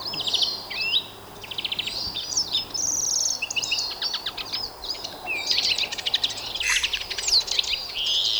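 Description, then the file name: European greenfinch twitter of rapid buzzy trills and short chirps, varied phrases running continuously, a wheezy note near the end, over soft steady background noise. "Chloris chloris"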